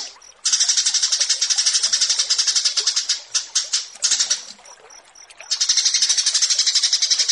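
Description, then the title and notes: Horsfield's bush lark song starting after a brief lull: a fast stream of scratchy high pulses, stuttering bursts midway, then a steady rapid run again. Bird-keeping song tutoring recording (masteran) of branjangan. "Branjangan VS BURGER Masteran. burung BRANJANGAN"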